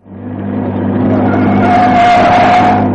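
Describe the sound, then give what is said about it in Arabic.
A car drives with a steady low engine hum and rising road noise, then a thin, sustained squeal of brakes cuts through toward the end as the driver brakes lightly in a deserted, scary spot, before fading. “وفرمل محروس بخفة ومهارة وأمرها أن تغادر السيارة، وكان في حتة مقطوعة مخيفة”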